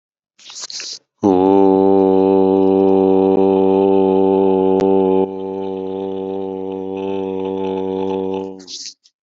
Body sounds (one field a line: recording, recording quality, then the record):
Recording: sustained vowel as in boot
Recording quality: excellent, no background noise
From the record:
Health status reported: COVID-19 positive, mild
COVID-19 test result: positive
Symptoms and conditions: cough, fever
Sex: male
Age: 45 years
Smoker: not ticked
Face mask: worn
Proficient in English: yes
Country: India